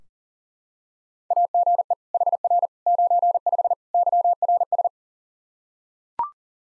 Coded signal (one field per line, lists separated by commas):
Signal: Morse code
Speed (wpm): 40 wpm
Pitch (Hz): 700 Hz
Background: none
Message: AGE HR 95 YRS